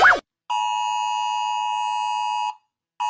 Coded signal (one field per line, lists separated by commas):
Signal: Emergency Alert System (SAME) tones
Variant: 853 and 960 Hz attention tone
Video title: Rating EAS alarms (Part 1)